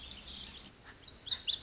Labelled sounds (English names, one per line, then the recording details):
Lazuli Bunting
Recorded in Sonoma County, California